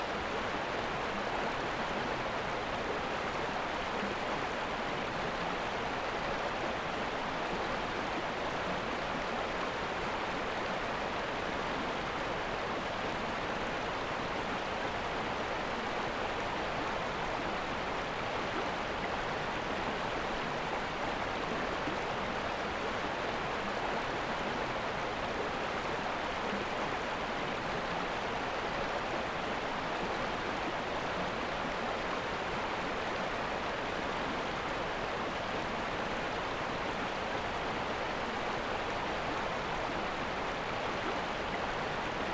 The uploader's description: peaceful waterfall and an ambient soundscape